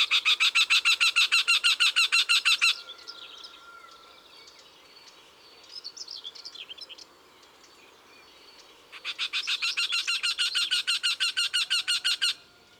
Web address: Juin Le Torcol fourmilier. les 4 saisons des chants doiseaux